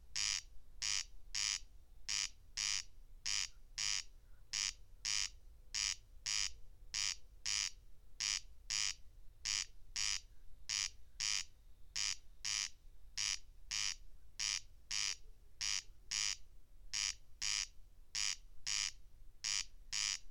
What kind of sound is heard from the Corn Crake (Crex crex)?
song